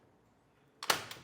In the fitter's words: till it clicks into place.